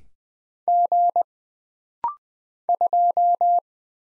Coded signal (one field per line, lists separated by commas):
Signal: Morse code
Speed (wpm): 20 wpm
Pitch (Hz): 700 Hz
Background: none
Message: G 2